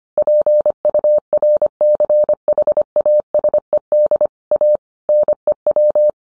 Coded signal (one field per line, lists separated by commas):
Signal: Morse code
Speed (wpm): 25 wpm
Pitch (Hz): 600 Hz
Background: none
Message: PURCHASED A NEW